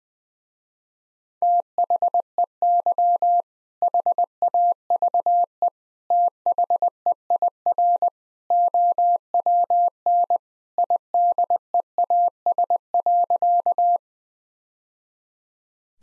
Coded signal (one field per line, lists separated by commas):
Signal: Morse code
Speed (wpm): 20 wpm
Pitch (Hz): 700 Hz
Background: none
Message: THEY HAVE THEIR OWN IDEAS.